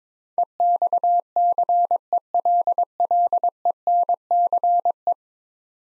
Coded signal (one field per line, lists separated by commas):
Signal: Morse code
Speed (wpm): 22 wpm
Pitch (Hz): 700 Hz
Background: none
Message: EXCELLENCE